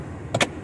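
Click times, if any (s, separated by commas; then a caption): 0.4 s. After a blend door actuator replacement on a 2008 Chevy Impala LS, the glove box is raised back up so its plastic stop tabs snap into their slots in the dashboard opening. Two short clunks are heard at 0.4 s and 0.4 s (0.35 and 0.41 s), the second louder, over a low background hum. The tabs are seated, and the glove box now comes down and stops the way it should.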